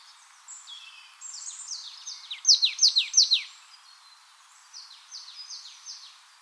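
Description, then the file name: Marsh tit calling: soft high chips build into a loud burst of several quick downslurred notes, then fainter similar notes follow. "Poecile palustris"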